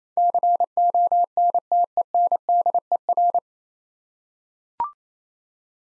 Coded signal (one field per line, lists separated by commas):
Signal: Morse code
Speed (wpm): 27 wpm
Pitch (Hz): 700 Hz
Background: none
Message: CONTENDER